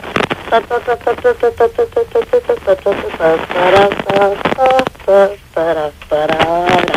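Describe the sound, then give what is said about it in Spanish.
A caller's voice over the telephone mimics a song's piano intro, starting with a quick run of short, evenly spaced staccato notes, then moving into longer sung tones. The sound is thin and band-limited, as over a phone line. “es una canción de …, y comienza con un piano, así.”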